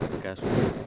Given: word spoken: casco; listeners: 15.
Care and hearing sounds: one Spanish word in noise, from a listening test; noise modulated by one talker; -11.9 dB; 0 of 15; 12 of 15; 0.47 s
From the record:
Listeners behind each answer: 12, 1, 1, 1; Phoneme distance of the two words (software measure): 7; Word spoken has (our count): 2 syllables, 5 phonemes, stress on syllable 1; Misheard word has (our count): 2 syllables, 4 phonemes, stress on syllable 1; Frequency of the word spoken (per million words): 15.83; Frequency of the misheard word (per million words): 635.68

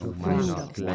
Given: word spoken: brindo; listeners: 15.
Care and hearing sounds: one Spanish word in noise, from a listening test; four-talker babble; 0.5 dB; 0 of 15; 6 of 15; 0.55 s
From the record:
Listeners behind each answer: 6, 2, 1, 1, 1, 1, 1, 1, 1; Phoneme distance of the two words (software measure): 17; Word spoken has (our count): 2 syllables, 6 phonemes, stress on syllable 1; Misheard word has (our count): 2 syllables, 5 phonemes, stress on syllable 1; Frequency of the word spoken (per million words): 0.72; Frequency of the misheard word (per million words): 8.81

